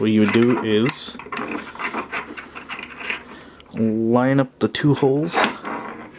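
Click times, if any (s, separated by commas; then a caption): none. Someone talks while a brake caliper wind-back tool's adapter plate is handled and lined up on two holes over the tool's magnetic threaded centre holder, with small clicks and rattles of handling in between. The plate has not snapped onto the holder yet, and nothing has seated.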